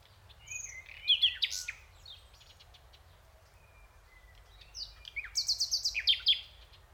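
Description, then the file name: Common nightingale song, scratchy notes and whistles in two bursts separated by a pause, the second a fast rhythmic series of repeated notes. "Luscinia megarhynchos"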